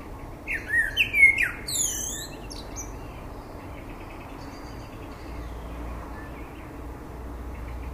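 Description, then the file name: Common blackbird calls, a burst of loud chattering, squealing notes in the first two seconds, then fainter calls over steady background noise. "Turdus merula"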